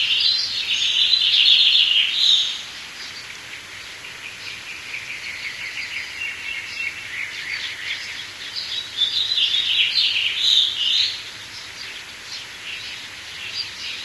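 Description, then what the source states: Bird chorus of overlapping high chirps and twitters, loudest in the first two seconds and again near ten seconds, with a steady high whine throughout. Birds in a forest setting.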